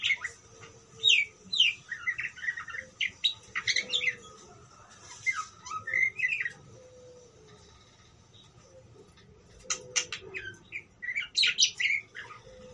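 Parakeet chirps: bursts of squeaky warbled notes, a quiet gap after the middle, then another lively burst.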